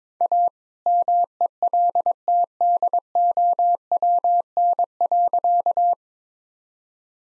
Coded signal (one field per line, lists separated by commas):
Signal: Morse code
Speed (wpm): 22 wpm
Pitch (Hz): 700 Hz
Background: none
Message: A MELTDOWN.